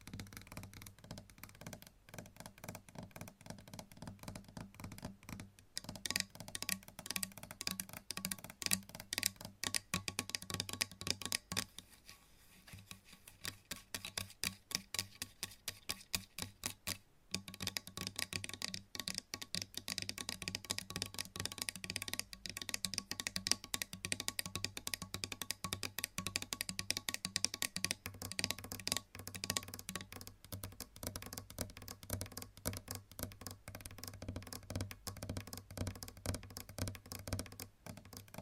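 Long nails scratch and tap in a fast, dense run of small clicks and scrapes that carries on for the whole recording. The texture is bright and crisp over a steady low hum, with brief drops in activity near 12 and 17 seconds.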